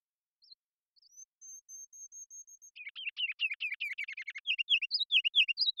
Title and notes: Ruby-crowned Kinglet, Regulus calendula, song performance with a series of full songs, short songs, and phrases. Pacific Northwest in Washington, Unister States